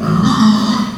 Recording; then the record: squeal of a Yucatan mini pig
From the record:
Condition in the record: after surgery on the right vocal fold (resection and tissue-engineered implant); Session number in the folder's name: 14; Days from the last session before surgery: 133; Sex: female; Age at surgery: 19 weeks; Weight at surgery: 25 kg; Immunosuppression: prednisolone